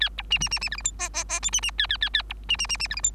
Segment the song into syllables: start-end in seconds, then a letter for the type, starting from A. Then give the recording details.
0.00-0.09 A, 0.18-0.22 B, 0.30-0.38 C, 0.40-0.49 C, 0.51-0.59 C, 0.61-0.69 C, 0.71-0.77 D, 0.77-0.82 E, 0.84-0.92 F, 0.99-1.09 G, 1.14-1.24 G, 1.29-1.40 G, 1.42-1.50 H, 1.52-1.60 C, 1.62-1.71 C, 1.78-1.87 A, 1.89-1.97 A, 2.01-2.09 A, 2.13-2.22 A, 2.29-2.33 B, 2.49-2.57 C, 2.58-2.67 C, 2.69-2.77 C, 2.79-2.88 C, 2.90-2.96 D, 2.96-3.01 E, 3.03-3.11 F. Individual Bird3